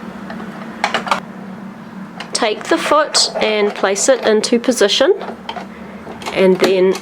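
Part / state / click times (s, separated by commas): presser foot onto the foot holder of a serger overlocker / not seated / none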